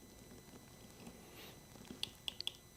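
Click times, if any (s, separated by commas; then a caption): 2.0 s, 2.3 s, 2.4 s, 2.5 s. A 20 inch-pound torque-limiting driver drives the optic clamp screw of an Apex Super Clamp pistol optic mount for a Steiner MPS until the limiter clicks. After soft low rustling, sharp clicks sound at 2.0, 2.3, 2.4 and 2.5 seconds. The limiter clicks at its setting and the optic is mounted.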